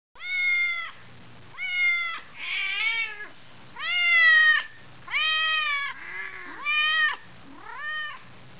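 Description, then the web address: Cat giving several drawn-out harmonic meows in a steady series. "silverstarjl meow"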